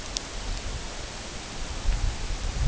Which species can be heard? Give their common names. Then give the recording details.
none. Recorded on Arctic tundra, site UTQI-8, on 16 June 2019. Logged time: 00:00